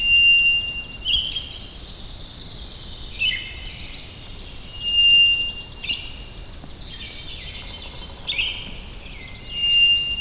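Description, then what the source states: White's thrush song: long, thin, level whistles, each held about half a second, repeated slowly every four to five seconds, with other bird sounds in between. Wuying, Heilongjiang, China.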